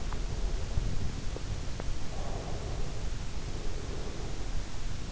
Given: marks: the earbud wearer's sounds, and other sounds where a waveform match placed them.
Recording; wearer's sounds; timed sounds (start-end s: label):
sounds in sleep by an in-ear microphone; snoring breath
1.53-4.10 s: snoring breath